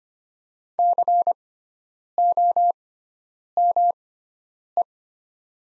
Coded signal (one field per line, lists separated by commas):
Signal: Morse code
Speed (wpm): 25 wpm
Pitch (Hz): 700 Hz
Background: none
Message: COME